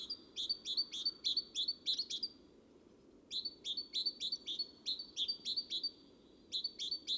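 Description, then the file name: Great tit repeating a see-sawing two-note phrase in three bursts with short gaps between them. A low, even rumble continues underneath. "Parus major"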